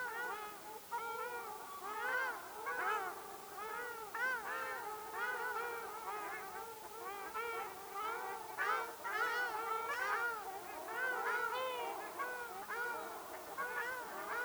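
Ruddy shelduck flock in a dense, continuous chorus of nasal honking calls, many birds overlapping with no break.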